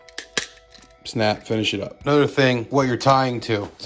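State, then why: Seated. A second metal split ring is turned around the hook hanger of a Madd Mantis popper lure until it snaps shut and seats, with sharp metallic clicks and the loudest snap at 0.4 s. Someone then talks.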